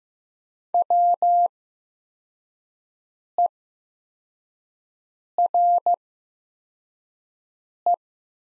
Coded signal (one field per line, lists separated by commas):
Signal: Morse code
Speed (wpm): 15 wpm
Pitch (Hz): 700 Hz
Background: none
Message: WERE